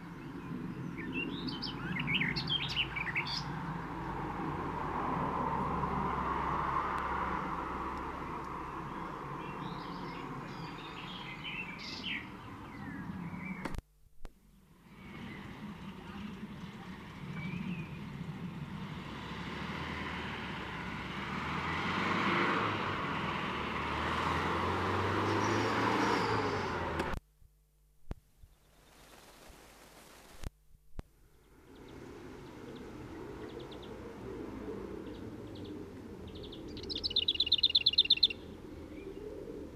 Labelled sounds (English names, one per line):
Garden Warbler song